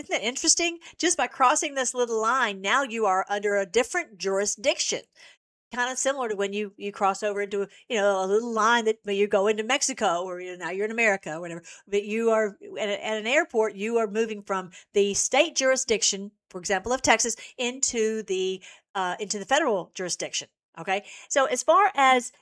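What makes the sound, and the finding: Adult woman speaking. Normal speech.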